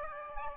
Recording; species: mosquito wingbeat signal from an infrared sensor; Aedes aegypti